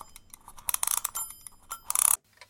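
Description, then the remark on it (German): A wind-up alarm clock's bell rattles in quick metallic bursts, bright and fairly loud, with a shorter jangle early on and a stronger burst that cuts off abruptly near the end. No one speaks. “Hier, jetzt zieh mal den Wecker also auf.”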